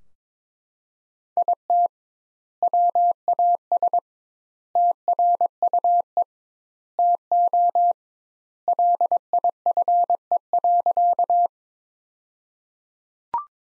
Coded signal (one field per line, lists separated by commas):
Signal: Morse code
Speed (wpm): 22 wpm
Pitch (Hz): 700 Hz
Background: none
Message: IT WAS TRUE TO LIFE.